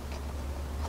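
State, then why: Not seated. A steel upright of a Beaverfit Hitchfit hitch-mounted fitness rack is being slid down onto its hitch rack base. A steady low hum runs throughout, with only faint, soft handling ticks. The upright has not yet locked into place, and nothing has seated or clicked.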